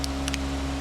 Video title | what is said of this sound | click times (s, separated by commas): G43L Piston ring installation | and it'll snap into place so now you have both the Rings | 0.0 s, 0.3 s